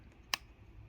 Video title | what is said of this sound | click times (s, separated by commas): MacBook Pro Teardown - Repairing my 2015 MacBook Pro, Speaker, Screen and Battery Replacement | okay a nice little click | 0.3 s